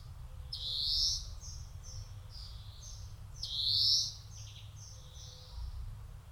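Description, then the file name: European greenfinch calls: bright, slightly buzzy high notes in short bursts, with two louder flurries about three seconds apart, over a steady low rumble. "Chloris chloris"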